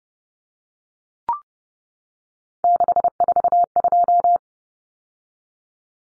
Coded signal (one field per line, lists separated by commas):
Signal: Morse code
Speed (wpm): 30 wpm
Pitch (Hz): 700 Hz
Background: none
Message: 642